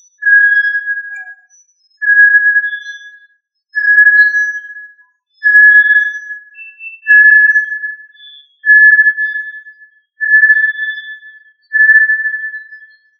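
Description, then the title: Tinamou call as a series of eight clear, level whistles, each over a second long, repeated roughly every one and a half seconds with no other sounds. "Familia Tinamidae - Quail - Puyuh"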